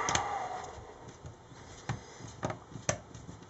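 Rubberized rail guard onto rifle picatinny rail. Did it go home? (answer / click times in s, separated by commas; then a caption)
yes / 2.9 s. A rubberized rail guard is pressed back onto the aluminum Picatinny rail of a rifle handguard, where it covers edges that can be sharp on the hands. A few short taps and rubs come first, around 0.1 s, 1.9 s and 2.5 s. The guard snaps into place with a sharp click at 2.9 s, and it is seated.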